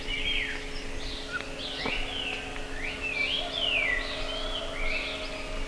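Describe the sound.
Bird calling: rising and falling warbled phrases, with a low constant hum throughout.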